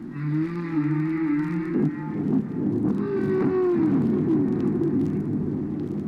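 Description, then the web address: Whale moans: low, drawn-out tonal sounds with rich overtones, one wavering then a second sliding slowly downward, against continuous low background noise. "KU whales"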